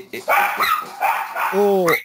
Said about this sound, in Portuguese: Porque esse os cachorros latindo.